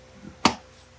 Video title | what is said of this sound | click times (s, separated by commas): Cleaning and organizing the garage using FastTrack system! | wait there you go that's that's locked into place | 0.5 s